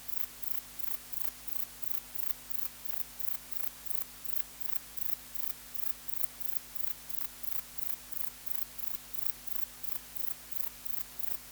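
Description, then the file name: Grey bush-cricket song: short, high, scratchy chirps repeated steadily about three times a second throughout, over a faint steady low hum. "Platycleis albopunctata"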